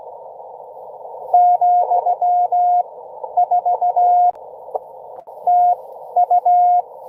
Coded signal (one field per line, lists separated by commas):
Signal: Morse code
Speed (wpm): 16 wpm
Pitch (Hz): 720 Hz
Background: none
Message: , 4 TU